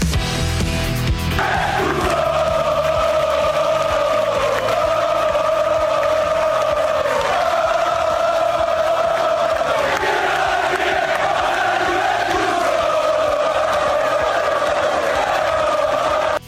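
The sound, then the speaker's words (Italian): A large crowd of Juventus football fans chants loudly and continuously at night at Caselle airport, welcoming the team. Their voices merge into sustained sung tones over a steady roar of cheering that never lets up. “Questa è l'accoglienza nella notte dei tifosi della Juventus all'aeroporto di Caselle.”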